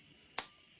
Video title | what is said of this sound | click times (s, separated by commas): Ronnie Simmons GX-7 Gun Maintenance Part 2 of 2 2019 | Hear it click, snap, goes in. | 0.4 s